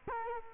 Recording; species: mosquito wingbeat signal from an infrared sensor; Culex quinquefasciatus